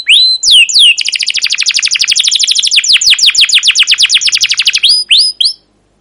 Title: PANCINGAN Kenari GACOR PANJANG Cuit CUIT EMOSI ini AMPUH utk MASTERAN Kenari PAUD belajar BUNYI